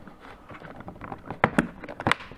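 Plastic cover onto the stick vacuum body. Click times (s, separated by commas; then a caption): 1.4 s. A plastic cover is fitted onto the body of a DiBEA G22 (Yasomi G22) stick vacuum and pushed closed, with soft handling noise leading up to it. It snaps shut with a sharp click at 1.4 s, followed by a few more clicks and knocks around 1.6 s, 2.1 s and 2.4 s, and the cover is seated in place.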